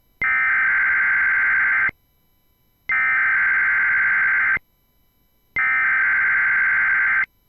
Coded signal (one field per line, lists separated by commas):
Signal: Emergency Alert System (SAME) tones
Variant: header bursts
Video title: EAS # 1036-1074: Marginally Enducive II: Memorial Day Week Alerts (EAS Alerts from 5/30-6/1/22)